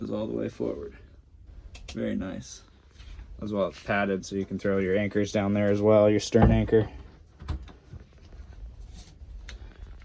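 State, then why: Seated. On a 2021 Sea Ray SPX 210 OB boat, the padded bow anchor locker hatch, which holds the anchors and the stern anchor, is closed and pressed back into its recess in the bow deck. Someone talks for most of the clip, then a few short knocks are heard as the hatch comes down. It snaps back in and seats at 9.5 s.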